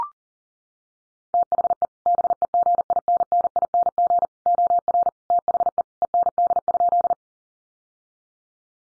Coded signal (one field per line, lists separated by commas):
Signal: Morse code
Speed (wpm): 40 wpm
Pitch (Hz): 700 Hz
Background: none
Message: THE BEGINNING OR THE END?